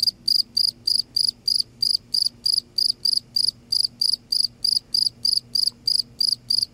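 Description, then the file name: Cricket chirping, a steady train of high trilled chirps about three each second, with a quiet low drone behind. "cricket insect sound silence"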